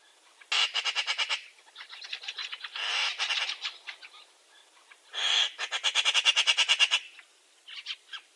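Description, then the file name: Eurasian magpie rattling: loud, harsh, rapid chak notes in fast runs, broken by rougher grating bursts, with a shorter run near the end. "Pica pica"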